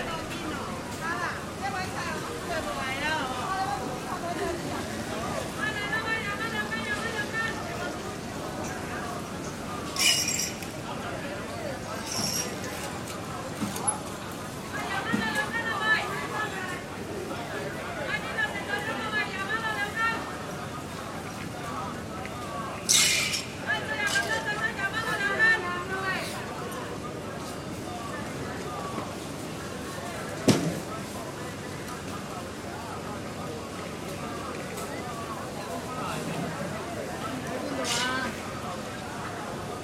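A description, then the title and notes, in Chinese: Hawkers call out briskly beside a wet market, recorded from the middle of the road, their voices overlapping in a steady busy babble. Sharp clinks and knocks break through now and then, notably around 10, 23 and 30 seconds, over a constant low traffic rumble. Hong Kong-and its three wet markets。這段聲音是在街市旁馬路中心位置採集的，捕捉到小販熟練而忙碌的叫賣聲。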